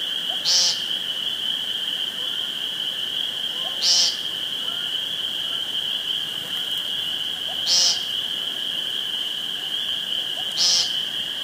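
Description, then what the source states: Woodcock calls, each a few soft low croaks with a sharp high squeak, four times about every three to four seconds, over a steady high-pitched hum. Recorded 2 June 2013 with a phone.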